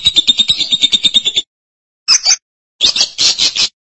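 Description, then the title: Lovebird chattering: a rapid run of shrill, pulsed notes for about a second and a half, then a short screechy burst and another harsh chatter after a pause. "BM Suara Burung Lovebird"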